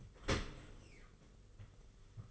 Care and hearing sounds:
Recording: daily activity, microphone in the room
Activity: open dishwasher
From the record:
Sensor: 4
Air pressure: 991.3 hPa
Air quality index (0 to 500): 159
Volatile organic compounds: 133 ppm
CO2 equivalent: 3943 ppm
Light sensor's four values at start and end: 22/74/27/28 and 22/74/27/28

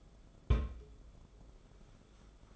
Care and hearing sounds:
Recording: daily activity, microphone in the room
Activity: place on stove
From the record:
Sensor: 5

